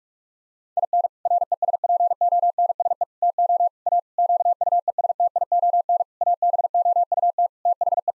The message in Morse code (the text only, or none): IN RESPONSE TO A QUESTION ABOUT THE